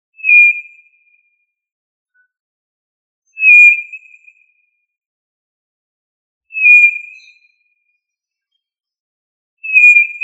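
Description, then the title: Tinamou whistling a single clear, high note, repeated about every three seconds against silence. "Familia Tinamidae - Quail - Puyuh"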